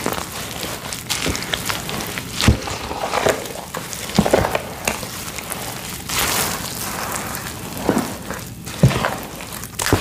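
Busy rustling and scraping of glitter being mixed, with sharp clicks and taps at irregular moments and a soft pouring hiss.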